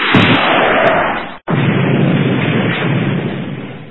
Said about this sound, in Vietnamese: Trái B-40 kẻ một đường xanh biếc, hơi nhếch lên, phá vỡ một mảng tường tròn bằng miệng thúng.